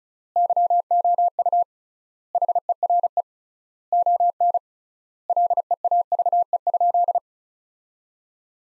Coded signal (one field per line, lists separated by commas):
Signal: Morse code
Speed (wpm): 34 wpm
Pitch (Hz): 700 Hz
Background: none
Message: YOU HERE ON LEAVE?